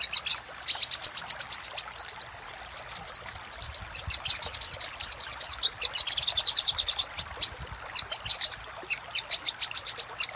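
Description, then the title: Little spiderhunter singing long, rapid sequences of piercing high notes, some phrases run into buzzy trills, with a few short gaps. Master song for training cage birds; labaik variant. "Masteran Burung Sogok Ontong Labaik"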